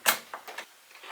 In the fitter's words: lock it down